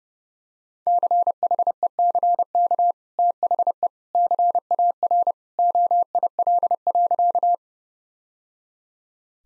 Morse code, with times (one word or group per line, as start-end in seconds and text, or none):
0.9-2.9 CHECK
3.2-3.9 THE
4.1-5.3 CAR
5.6-7.5 OIL.